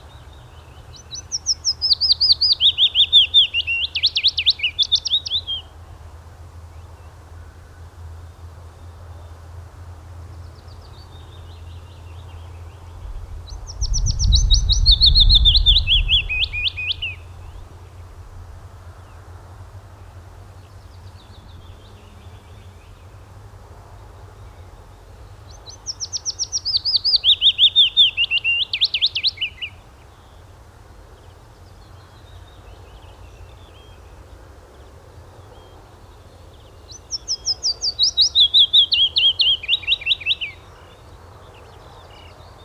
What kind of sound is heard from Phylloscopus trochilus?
song